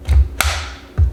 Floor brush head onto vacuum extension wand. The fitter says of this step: again that's just going to click right into place now let's try it out on the ground and see how movable it is